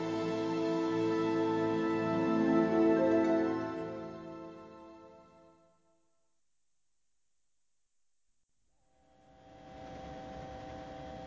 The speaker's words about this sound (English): Our news chopper is circling the impact crater on the edge of town, where two of the four supermen who appeared in Metropolis after the death of the city's costumed hero appear to have crashed